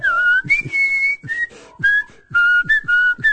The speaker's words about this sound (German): Den könnte man auch pfeifen, oder?